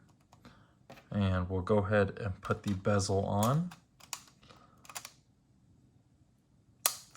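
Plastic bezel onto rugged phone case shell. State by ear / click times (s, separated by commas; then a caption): seated / 6.9 s. Someone talks while the hard plastic front bezel of an OtterBox Defender Pro rugged case is pressed onto the shell holding an iPhone 12 (Pro), with light handling clicks around 4.0–5.1 s. A single sharp, loud snap at 6.9 s marks the bezel seating into place.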